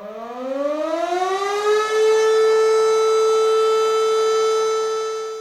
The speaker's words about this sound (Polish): Syrena zawyła, no mówię, trzeba jechać zobaczyć, no może coś tam, no ale no tak, nie mamy z czym wyjechać, no nie ma, taka jest prawda.